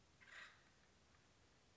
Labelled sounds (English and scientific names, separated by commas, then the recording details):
Acorn Woodpecker (Melanerpes formicivorus)
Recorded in Sonoma County, California